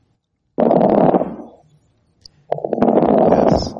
Fine crackles. Little bubbles. Like the sandpaper, like finer.